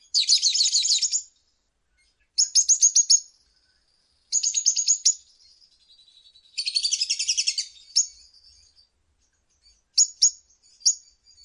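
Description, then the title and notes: Lovebird ngekek song: several fast, shrill rattling trills of about a second each, separated by pauses and interspersed with short high chirps and faint twittering. Ngekek song style of a lovebird, used as a bait song (kicau pancingan) to prompt other lovebirds to sing. "Master Kicau Lovebird ngekek, kicau pancingan"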